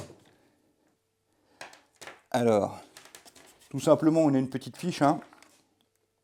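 A small power plug is handled at the socket of a portable cooker hood, with a few light taps and handling noises around 1.6 to 3.2 seconds while someone talks. The plug is not yet home: nothing has seated or clicked by the end of the clip.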